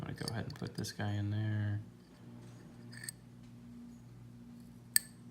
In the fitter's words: He pops into place,